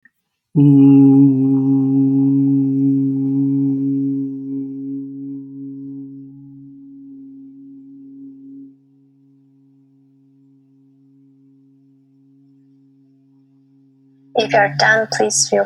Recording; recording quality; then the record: sustained vowel as in boot; moderate, slight background noise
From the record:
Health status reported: healthy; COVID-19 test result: negative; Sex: male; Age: 23 years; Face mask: not worn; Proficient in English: yes